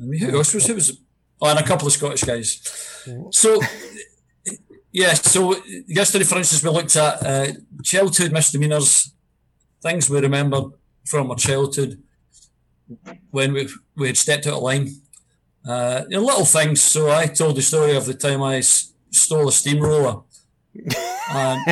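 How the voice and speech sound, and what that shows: An adult man from Glasgow, a retired high-school teacher who stammers, speaks conversationally with a Scottish accent. His speech has stretched sounds ("so", "the", "uh"), part-word and word repetitions ("yes-yesterday", "when we, we") and several long pauses. These are mild stammering disfluencies within otherwise fluent speech.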